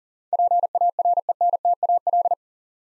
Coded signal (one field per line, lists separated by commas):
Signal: Morse code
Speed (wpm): 40 wpm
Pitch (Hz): 700 Hz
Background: none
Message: PARENTAL